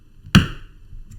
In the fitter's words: it just clicks back into place